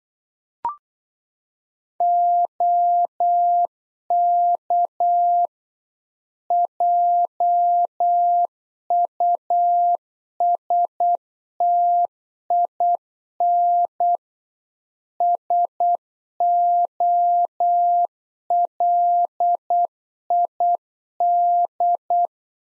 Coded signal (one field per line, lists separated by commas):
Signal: Morse code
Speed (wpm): 8 wpm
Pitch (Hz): 700 Hz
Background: none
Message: OK JUSTIN SOLID